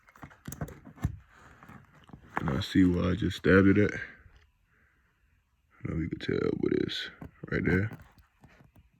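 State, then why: Not seated. A fiber-optic star light strand is handled at the headliner board of an R/T car's ceiling, with a few short, sharp ticks near the start and faint ones at the end while someone talks. Nothing has been pushed through or clicked yet.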